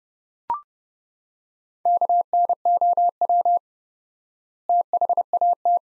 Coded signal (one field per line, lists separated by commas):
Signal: Morse code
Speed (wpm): 31 wpm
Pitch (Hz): 700 Hz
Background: none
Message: KNOW THAT